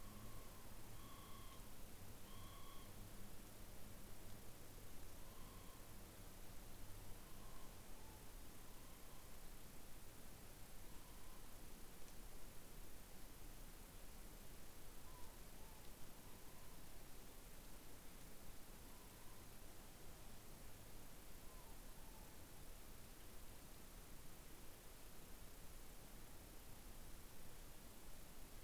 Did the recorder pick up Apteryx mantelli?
no